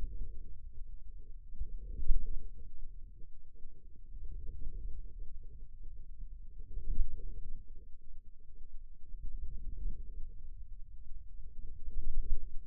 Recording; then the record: forearm muscle sounds (acoustic myography)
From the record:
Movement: wrist flexion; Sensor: system 2, bracelet of six BSWA MPA416 microphones around the upper forearm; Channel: 2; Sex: male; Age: 22 years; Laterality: right